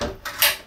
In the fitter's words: vient des cendres et si on va entendre un clic vous allez voir voilà